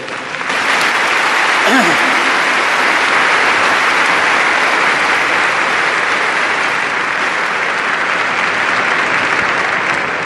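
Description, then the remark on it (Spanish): Sustained audience applause at a lecture, for the speaker's sons, a dense, steady wash of clapping that stays loud for the full stretch, with a brief voice or cheer audible near the start. “Entonces, aplausos para ellos.”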